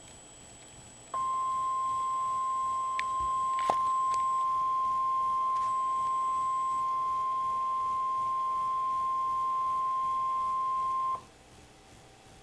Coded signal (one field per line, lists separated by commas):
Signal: Emergency Alert System (SAME) tones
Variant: 1050 Hz attention tone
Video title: NOAA - Real EAS #90